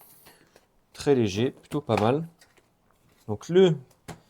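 A plastic wrist rest is handled at the front edge of a gaming keyboard while someone talks, with a few faint, short handling sounds under the speech. The wrist rest has not clipped in yet, and nothing has seated or clicked.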